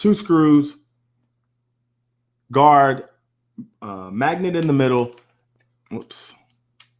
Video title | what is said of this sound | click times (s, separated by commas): Barber Tool Review: Andis Single & Double Magnetic Guards! | we go snaps into place as you can see easy it fits on securely | 6.8 s